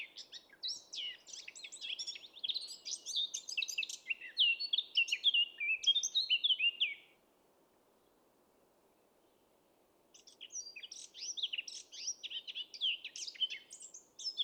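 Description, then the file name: Eurasian blackcap singing a long, dense warble of chattering and whistled notes for seven seconds, then silence, then another busy twittering phrase. "Sylvia atricapilla"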